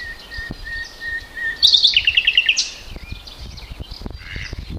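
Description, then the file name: Common nightingale song: a few soft, level whistles, then a loud burst of rapid, repeated notes, ending in fainter warbled phrases. "Luscinia megarhynchos"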